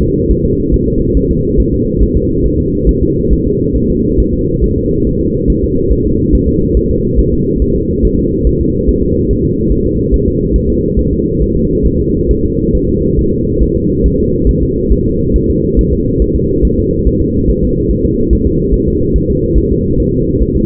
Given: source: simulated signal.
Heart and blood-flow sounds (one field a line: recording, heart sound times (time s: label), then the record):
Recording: fetal heart sounds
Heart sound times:
0.03 s: S2
0.31 s: S1
0.45 s: S2
0.74 s: S1
0.88 s: S2
1.17 s: S1
1.31 s: S2
1.60 s: S1
1.74 s: S2
2.03 s: S1
2.17 s: S2
2.46 s: S1
2.60 s: S2
2.89 s: S1
3.03 s: S2
3.33 s: S1
3.47 s: S2
3.76 s: S1
3.91 s: S2
4.20 s: S1
4.34 s: S2
4.64 s: S1
4.78 s: S2
5.07 s: S1
5.21 s: S2
5.50 s: S1
5.64 s: S2
5.92 s: S1
6.07 s: S2
6.35 s: S1
6.49 s: S2
6.77 s: S1
6.91 s: S2
7.20 s: S1
7.34 s: S2
7.62 s: S1
7.76 s: S2
8.05 s: S1
8.19 s: S2
8.47 s: S1
8.61 s: S2
8.89 s: S1
9.03 s: S2
9.31 s: S1
9.45 s: S2
9.72 s: S1
9.86 s: S2
10.14 s: S1
10.28 s: S2
10.56 s: S1
10.70 s: S2
10.99 s: S1
11.13 s: S2
11.42 s: S1
11.57 s: S2
11.86 s: S1
12.01 s: S2
12.31 s: S1
12.45 s: S2
12.75 s: S1
12.89 s: S2
13.19 s: S1
13.33 s: S2
13.63 s: S1
13.77 s: S2
14.06 s: S1
14.20 s: S2
14.49 s: S1
14.63 s: S2
14.92 s: S1
15.07 s: S2
15.36 s: S1
15.50 s: S2
15.79 s: S1
15.93 s: S2
16.22 s: S1
16.36 s: S2
16.65 s: S1
16.79 s: S2
17.08 s: S1
17.22 s: S2
17.50 s: S1
17.64 s: S2
17.91 s: S1
18.05 s: S2
18.33 s: S1
18.47 s: S2
18.74 s: S1
18.88 s: S2
19.16 s: S1
19.30 s: S2
19.58 s: S1
19.72 s: S2
20.00 s: S1
20.14 s: S2
20.42 s: S1
20.57 s: S2
From the record:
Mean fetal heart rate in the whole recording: 140 bpm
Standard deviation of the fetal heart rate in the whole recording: 2 bpm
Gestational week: 34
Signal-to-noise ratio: -14.7 dB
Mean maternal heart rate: 72 bpm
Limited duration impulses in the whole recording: present